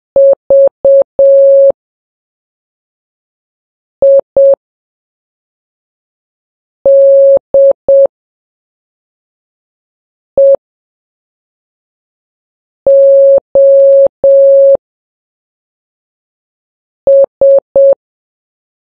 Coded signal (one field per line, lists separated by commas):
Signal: Morse code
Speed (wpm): 7 wpm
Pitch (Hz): 550 Hz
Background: none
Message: VIDEOS